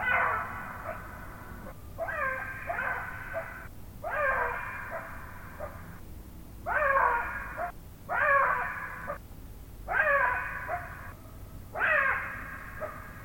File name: Black-backed Jackal